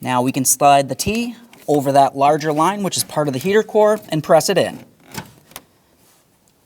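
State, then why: Seated. Someone talks while sliding the plastic right heater hose connector tee of a 2000-2006 Chevrolet Tahoe over the larger heater core line at the firewall and pressing it in. A sharp quick-connect click is heard at 5.6 s, confirming the tee has seated.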